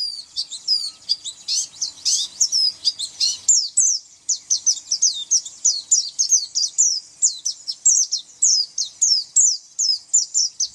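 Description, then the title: White-eye song: an opening jumble of high notes, then a steady run of quick, thin, downslurred chirps. "Pleci"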